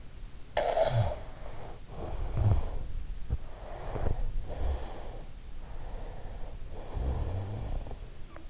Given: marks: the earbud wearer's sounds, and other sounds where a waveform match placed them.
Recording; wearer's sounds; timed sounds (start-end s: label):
sounds in sleep by an in-ear microphone; snoring breath, breath
0.00-2.97 s: snoring breath
3.20-5.49 s: breath
5.94-8.29 s: snoring breath